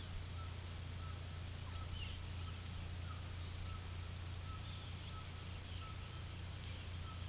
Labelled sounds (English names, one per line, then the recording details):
White-throated Toucan
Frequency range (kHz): White-throated Toucan 0.5-1.9 kHz
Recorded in pastures near Puerto Asís, Putumayo, Colombia, on 18 February 2024 at 09:00
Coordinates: 0.486, -76.323
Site G6462